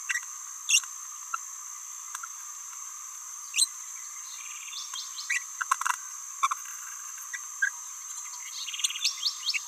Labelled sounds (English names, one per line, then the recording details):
Green-rumped Parrotlet babbling
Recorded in a nest box in Venezuela
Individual 18B17A3